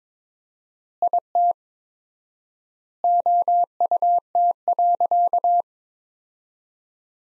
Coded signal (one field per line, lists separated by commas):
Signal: Morse code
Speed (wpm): 21 wpm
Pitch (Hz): 700 Hz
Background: none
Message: IT OUT.